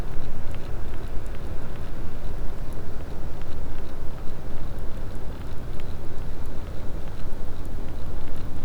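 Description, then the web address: Sperm whale clicks as faint sharp taps, irregularly spaced, heard through strong continuous rumbling noise. Clean sound marked as a positive sperm whale detection. "Physeter Macrocephalus clean cachalot positif"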